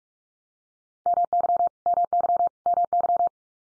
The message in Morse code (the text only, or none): MY MY MY